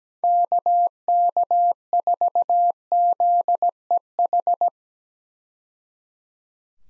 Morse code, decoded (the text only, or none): KK4ZEH